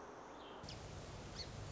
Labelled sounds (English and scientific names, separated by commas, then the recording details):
Song Sparrow (Melospiza melodia)
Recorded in Sonoma County, California